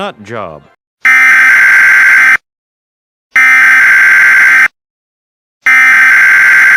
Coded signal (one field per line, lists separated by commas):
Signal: Emergency Alert System (SAME) tones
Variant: header bursts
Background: speech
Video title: Louisiana Catastrophe: An EAS Scenario